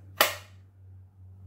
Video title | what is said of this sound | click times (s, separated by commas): Vedder or Stealthgear? | okay it goes in and it snaps very | 0.2 s